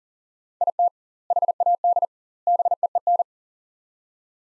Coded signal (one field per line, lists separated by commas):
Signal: Morse code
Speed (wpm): 40 wpm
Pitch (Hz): 700 Hz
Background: none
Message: IT HAD BEEN